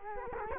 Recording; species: mosquito wingbeat signal from an infrared sensor; Culex quinquefasciatus